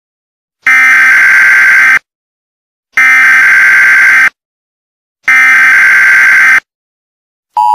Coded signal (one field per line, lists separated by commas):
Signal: Emergency Alert System (SAME) tones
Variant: header bursts